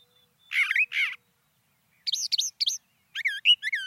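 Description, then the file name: Brown thrasher singing short bursts of rich, slurred notes, each phrase of repeated notes, with brief silences between the groups. "suara-kicauan-brown-thrasher 2-omkicau"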